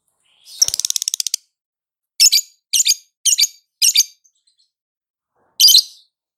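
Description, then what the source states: Lovebird calls: a quick burst of rattling high notes, then four harsh squeaky chirps about half a second apart and one more after a pause. Female.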